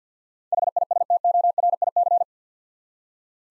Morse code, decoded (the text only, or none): HISTORIC